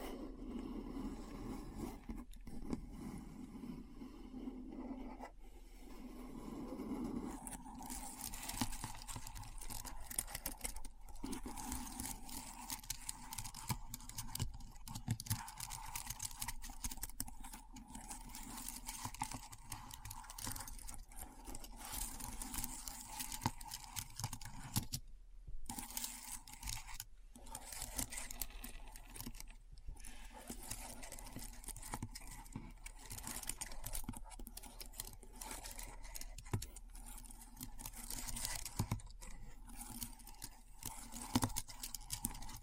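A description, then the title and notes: Keyboard typing runs as a dense, fast clatter of key taps for the whole stretch, with a steady low hum and brief pauses near 25 seconds. ASMR Keyboard Sounds (No Talking).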